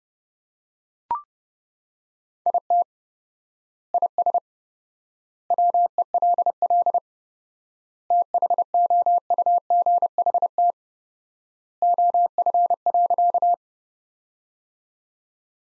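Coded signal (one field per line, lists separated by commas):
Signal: Morse code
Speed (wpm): 30 wpm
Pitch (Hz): 700 Hz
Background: none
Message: IT IS WELL THOUGHT OF.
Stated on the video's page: Morse practice sentences from the top 300 words at 30 wpm with 4x word spacing, a word-based analogue of Farnsworth spacing.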